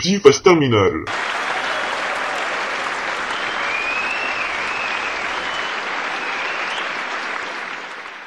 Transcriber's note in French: Foule en délire